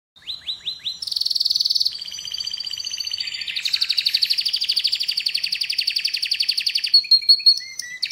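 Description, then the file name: Canary song: four quick chirps, then a loud buzzy trill, followed by a long fast rolling tour and a few sliding whistles at the end. "Canary Voice"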